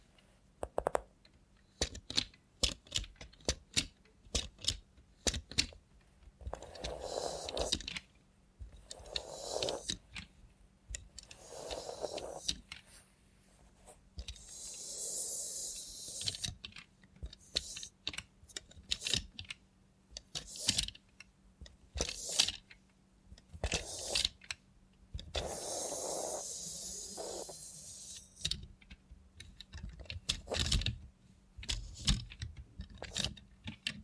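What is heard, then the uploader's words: ASMR with a robot hand: rapid, irregular clicks and taps like typing fill the recording, with softer rubbing swishes around seconds 7 to 12. Bright hissy bursts rise near 15 and 26 seconds, and a faint low hum runs underneath throughout. Try ASMR with a Robot Hand (No Talking).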